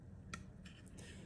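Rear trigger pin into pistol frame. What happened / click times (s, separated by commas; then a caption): The rear pin clicked into its seated position / 0.3 s. The rear trigger pin of a Sig Sauer P365, first pushed in too far with a punch, is moved back into the polymer pistol frame. It gives one sharp click at 0.3 s as it seats in place, followed by a few fainter small sounds over a low steady hum.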